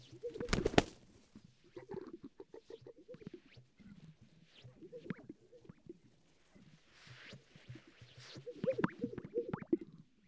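Sage-grouse display sounds: a loud burst early on, then bubbling coos and popping notes, swelling again near the end.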